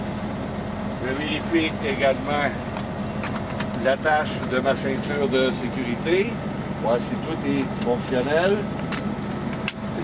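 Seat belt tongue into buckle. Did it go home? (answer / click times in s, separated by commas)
yes / 9.7 s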